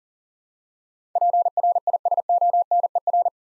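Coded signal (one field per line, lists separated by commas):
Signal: Morse code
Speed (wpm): 40 wpm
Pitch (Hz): 700 Hz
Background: none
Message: PRISONER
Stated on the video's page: Morse code practice of eight-letter words for head copy at 40 wpm.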